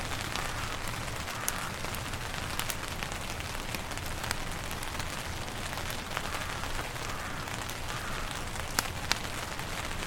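Rain patters steadily on a tarp overhead, a dense, even hiss punctuated by sharp, bright taps scattered throughout. A low, constant rush of wind runs underneath, and occasional crisp pops, louder near the end, suggest a crackling fire.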